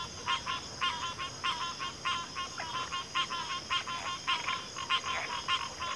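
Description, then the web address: Crickets in a dense chorus, crisp pulsed chirps repeating in quick succession over an unbroken high shimmering drone. Cricket chorus recorded at a backwater. "WLL Grade 1-12 Pre-Uni Library Natures Songs Sleep Sounds of Nature CRICKETS Backwater Chorus"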